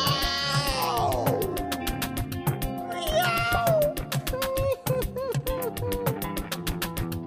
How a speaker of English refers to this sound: Very subtle, soft meow.